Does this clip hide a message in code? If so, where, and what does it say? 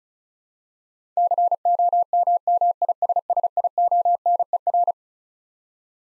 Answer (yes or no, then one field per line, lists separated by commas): yes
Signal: Morse code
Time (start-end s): 1.2-4.9 s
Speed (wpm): 34 wpm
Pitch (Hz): 700 Hz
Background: none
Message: COMMISSIONER